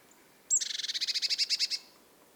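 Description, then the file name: Eurasian blue tit call: a sharp high opening note leading into a rapid run of many buzzy pulses lasting just over a second. "Cyanistes caeruleus"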